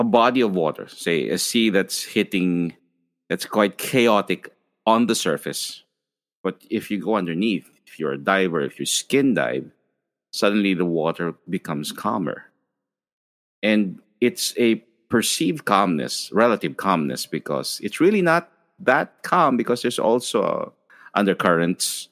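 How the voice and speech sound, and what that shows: An adult speaks fluently, with no stuttering; typical fluent speech.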